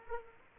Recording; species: mosquito wingbeat signal from an infrared sensor; Aedes aegypti